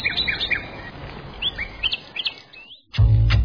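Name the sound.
small birds chirping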